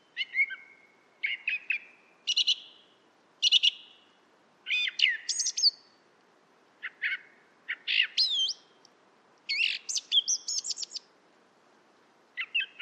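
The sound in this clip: Song thrush song: a steady string of loud, varied phrases, many repeated two or three times, ranging from clear whistles to harsh, chattering notes.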